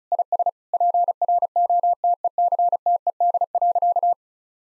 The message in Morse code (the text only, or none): IS PROTECTED.